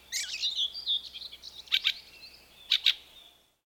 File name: Various Birds - Fieldfare